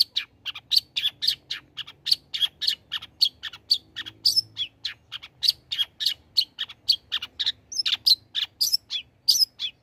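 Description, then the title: Long-tailed shrike song: steady rapid high chirps and whistled notes pouring out without pause, varied in pitch, over soft low background noise. Bird singing vigorously (gacor), offered as a tutor recording (masteran) for training other songbirds. "Cendet Gacor Cocok Untuk Masteran"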